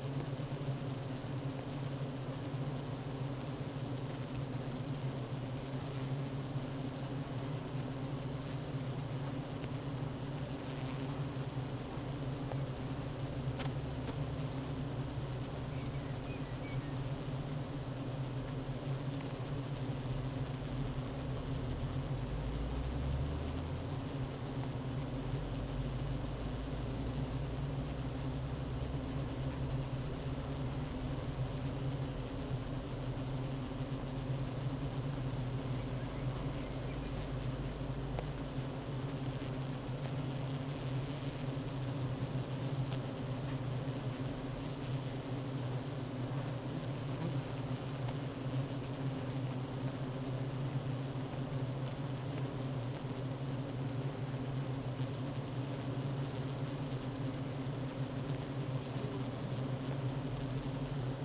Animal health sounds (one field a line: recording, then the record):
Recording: honeybee colony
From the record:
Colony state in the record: active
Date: 12 June 2018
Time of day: 9:52